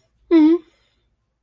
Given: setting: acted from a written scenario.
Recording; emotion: vocal sound without words; shame